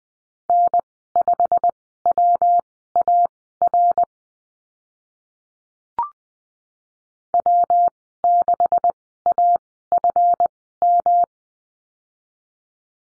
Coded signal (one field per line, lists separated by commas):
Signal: Morse code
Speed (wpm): 19 wpm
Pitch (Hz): 700 Hz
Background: none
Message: N5WAR W6AFM